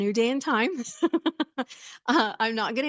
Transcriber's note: laughs